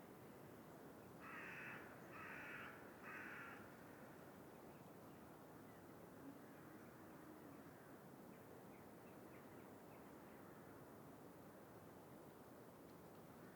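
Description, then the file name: Carrion crow caws, three harsh hoarse calls about a second apart, then fainter sounds, over heavy steady background noise. "Corvus corone"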